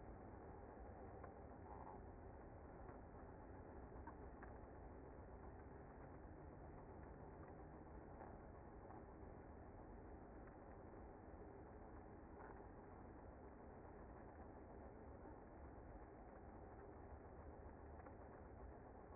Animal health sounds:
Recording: honeybee colony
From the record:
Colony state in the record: active

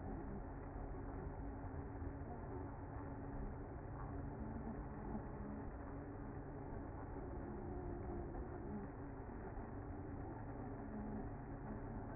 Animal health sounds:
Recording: honeybee colony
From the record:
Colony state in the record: active

